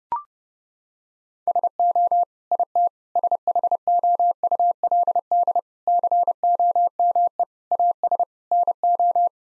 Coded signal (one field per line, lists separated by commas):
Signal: Morse code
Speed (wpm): 30 wpm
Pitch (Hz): 700 Hz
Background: none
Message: SO IT SHOULD COME AS NO